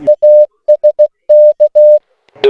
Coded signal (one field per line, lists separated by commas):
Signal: Morse code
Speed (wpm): 16 wpm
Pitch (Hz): 600 Hz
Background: music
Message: ASK